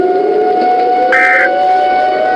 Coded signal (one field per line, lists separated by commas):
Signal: Emergency Alert System (SAME) tones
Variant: end-of-message bursts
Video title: (Wider US) Mini EAS Scenario: HYPER ERUPTION! 🌋